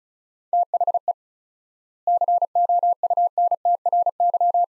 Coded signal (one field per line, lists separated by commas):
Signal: Morse code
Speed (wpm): 36 wpm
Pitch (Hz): 700 Hz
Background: none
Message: THE COUNTRY